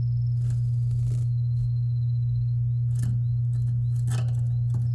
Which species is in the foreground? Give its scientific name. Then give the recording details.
Serinus canaria. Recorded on 8 May 2018 at 07:46. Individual llb16